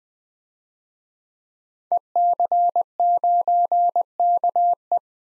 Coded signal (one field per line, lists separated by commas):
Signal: Morse code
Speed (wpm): 20 wpm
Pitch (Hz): 700 Hz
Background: none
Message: EC9KE